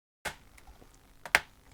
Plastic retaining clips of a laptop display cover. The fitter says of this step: important bit you can hear it clicking so